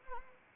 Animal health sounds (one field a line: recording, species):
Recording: mosquito wingbeat signal from an infrared sensor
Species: Anopheles arabiensis